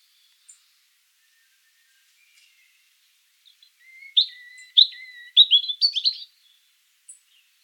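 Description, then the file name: European robin singing a short phrase of high thin whistles and quick tinkling notes, rising into a rapid jumbled flourish near the end; quiet background. "Erithacus rubecula"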